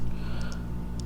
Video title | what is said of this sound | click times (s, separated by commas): THE CLEANEST INTEGRATED VENT GAUGE FOR BMW - P3 Gauges OBD 2 Gauge for BMW F30 | connect it and make sure it locks into place and then on the other side we have our connector | 1.0 s